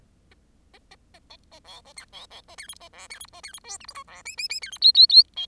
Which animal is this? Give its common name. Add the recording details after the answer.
Bengalese Finch. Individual Bird10